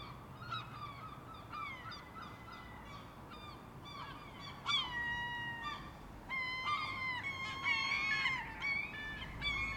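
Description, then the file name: Gull calls: drawn-out, mewing, harmonic notes that slide downward, given in loose bursts, with sharper yelps joining in the second half. Urban setting. "Urban Seagulls"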